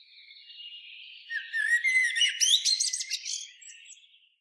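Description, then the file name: Eurasian blackbird singing a single phrase of warbled notes with a squeaky high ending. "Turdus merula"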